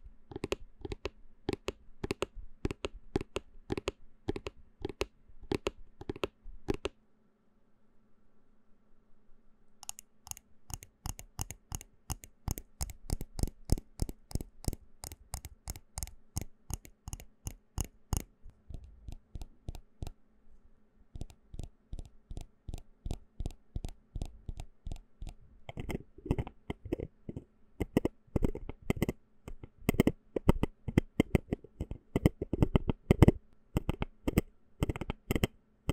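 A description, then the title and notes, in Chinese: Bottles and jars clink, tap and scrape in rapid, uneven bursts of sharp clicks, with a brief pause near seven seconds and around twenty. 瓶瓶罐罐的撞擊.敲擊.抓撓。無人聲。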